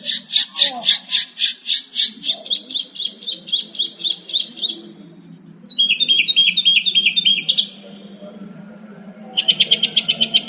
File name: kicauan burung northern mockingbird. omkicau